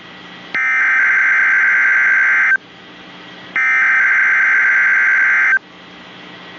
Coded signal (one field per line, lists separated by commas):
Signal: Emergency Alert System (SAME) tones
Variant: header bursts